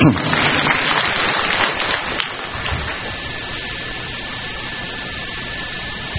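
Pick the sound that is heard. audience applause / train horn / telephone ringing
audience applause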